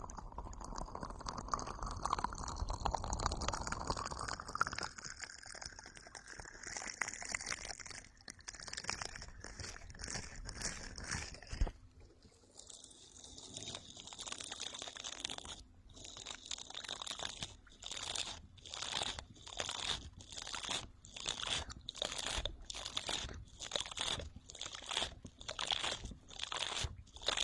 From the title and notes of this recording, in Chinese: 眠音哄睡 洗脸刷 流水棒。